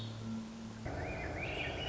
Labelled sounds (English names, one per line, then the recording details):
Swainson's Thrush
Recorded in Sonoma County, California